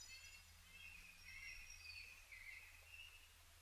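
Canada warbler song: soft, rapid warbled phrases of high, sliding notes that run on through the whole stretch, with a faint low hum beneath.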